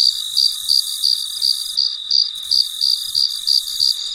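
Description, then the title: Cricket chirping in quick regular pulses, about three per second, over a continuous shrill hum. Late at night, in deep quiet. "深夜录制蟋蟀昆虫声"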